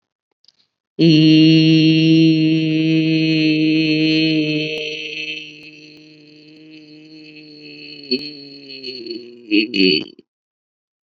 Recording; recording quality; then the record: sustained vowel as in beet; excellent, no background noise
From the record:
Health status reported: COVID-19 positive, mild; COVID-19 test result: positive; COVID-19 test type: RT-PCR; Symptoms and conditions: cold, sore throat, fever, fatigue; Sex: female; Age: 51 years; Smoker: no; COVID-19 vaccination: both doses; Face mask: not worn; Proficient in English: yes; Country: India